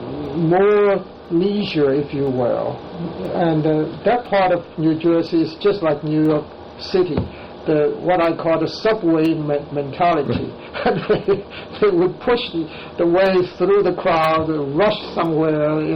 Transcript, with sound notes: more leisurely, if you will, and that part of New Jersey is just like New York City. There's what I call the "subway mentality." [laughter] They would push their way through the crowd and rush somewhere, you know.